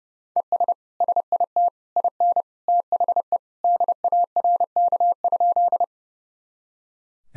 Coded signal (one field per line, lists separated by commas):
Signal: Morse code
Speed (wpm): 30 wpm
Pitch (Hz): 700 Hz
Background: none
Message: ES SIT IN THE DARK?